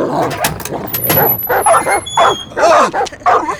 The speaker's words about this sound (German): Halten Sie die Hunde zurück.